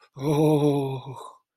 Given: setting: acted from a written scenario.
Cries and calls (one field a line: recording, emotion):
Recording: vocal sound without words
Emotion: fear